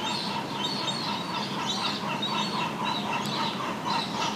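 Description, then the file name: Gulls giving short, harsh calls over and over in an uneven, overlapping chorus over steady background noise. Gulls recorded in the morning. "Morning Birds seagulls"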